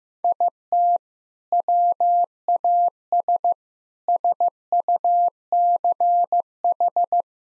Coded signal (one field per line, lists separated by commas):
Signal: Morse code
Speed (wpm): 15 wpm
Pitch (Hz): 700 Hz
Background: none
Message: IT WAS SUCH